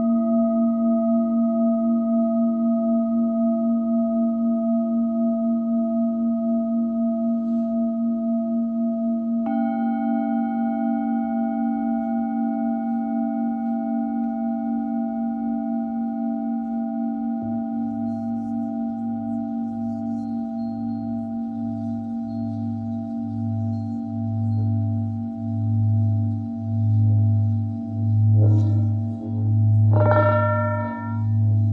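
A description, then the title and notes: A Tibetan singing bowl hums a steady ringing drone, struck again near ten seconds, then a low pulsing wobble grows in the second half. Tibetan Singing Bowl. 深夜のメキシコより シンギングボウルの音色をお届けしました。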